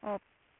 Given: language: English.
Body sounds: throat vibration sensor signal played as sound; speech

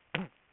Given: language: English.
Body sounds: throat vibration sensor signal played as sound; throat clearing

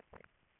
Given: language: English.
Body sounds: throat vibration sensor signal played as sound; swallow

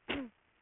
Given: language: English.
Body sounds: throat vibration sensor signal played as sound; cough

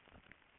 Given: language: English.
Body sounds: throat vibration sensor signal played as sound; swallow

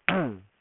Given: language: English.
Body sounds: throat vibration sensor signal played as sound; throat clearing

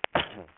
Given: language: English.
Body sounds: throat vibration sensor signal played as sound; cough

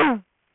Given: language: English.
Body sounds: throat vibration sensor signal played as sound; throat clearing

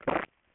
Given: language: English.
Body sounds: throat vibration sensor signal played as sound; swallow

